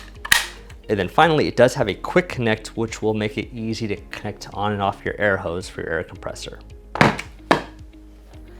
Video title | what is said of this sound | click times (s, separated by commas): The Best Pneumatic Brad Nailer! - (Bostitch Smart Point Nailer Review) | And then when you're done, just make sure it clicks under there and then press it back. | 0.3 s